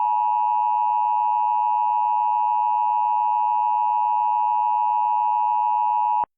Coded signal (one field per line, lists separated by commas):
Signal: Emergency Alert System (SAME) tones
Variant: 853 and 960 Hz attention tone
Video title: Real EAS Tornado Warning - Indiana Statewide Drill